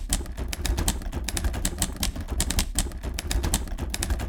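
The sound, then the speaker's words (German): Rapid, continuous typewriter typing in a study in the evening as a book is typed to completion, with sharp mechanical key strikes in an uneven rhythm, over a low steady rumble, no voices. “verkriecht sich abends in sein Arbeitszimmer, um das Buch über Hamann fertig zu tippen”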